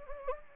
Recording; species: mosquito wingbeat signal from an infrared sensor; Anopheles gambiae